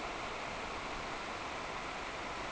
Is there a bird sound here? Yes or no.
no